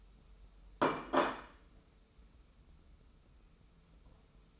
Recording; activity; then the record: daily activity, microphone in the room; place plate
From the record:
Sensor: 1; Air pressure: 994.4 hPa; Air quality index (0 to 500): 217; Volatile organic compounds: 1000 ppm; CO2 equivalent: 7756 ppm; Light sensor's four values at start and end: 59/129/58/61 and 59/129/58/61